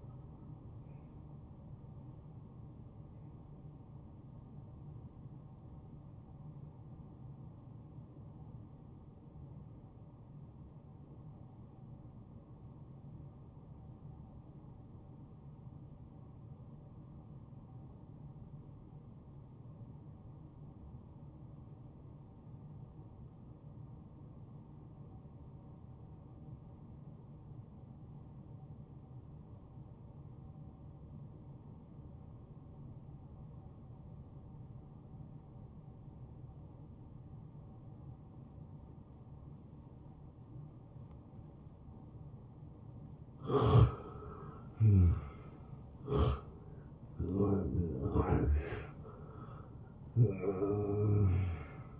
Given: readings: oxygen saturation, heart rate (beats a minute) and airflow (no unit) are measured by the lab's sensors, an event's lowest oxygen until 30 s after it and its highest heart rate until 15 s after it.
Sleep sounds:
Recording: breathing in sleep by a smartphone at the bedside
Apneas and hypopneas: 1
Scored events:
9.00-43.60 s: obstructive apnea (N1, oxygen 94% highest, then 84% lowest)
From the record:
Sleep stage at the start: N1 (lightest sleep)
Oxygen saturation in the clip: 80 to 94%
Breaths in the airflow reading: 6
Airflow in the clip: -17.3 to 9.1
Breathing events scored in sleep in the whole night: 263 in 5.5 hours asleep

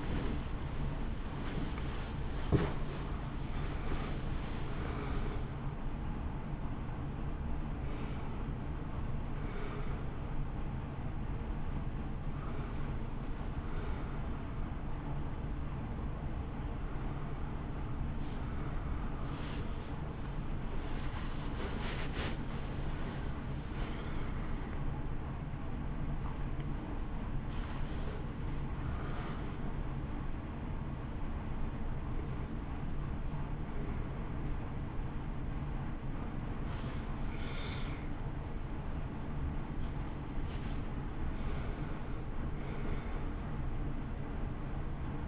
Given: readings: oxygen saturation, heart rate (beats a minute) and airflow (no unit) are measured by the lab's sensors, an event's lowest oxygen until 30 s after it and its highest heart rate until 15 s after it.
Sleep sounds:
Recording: a person awake in a sleep study, by a smartphone at the bedside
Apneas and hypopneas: 1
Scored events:
0.00-45.28 s: awake
13.00-40.40 s: hypopnea (scored as awake, oxygen 94% highest, then 91% lowest)
From the record:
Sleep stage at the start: awake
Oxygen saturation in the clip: 92 to 94%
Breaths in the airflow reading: 12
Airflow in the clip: -1.5 to 3.4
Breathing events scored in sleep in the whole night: 328 in 6.3 hours asleep

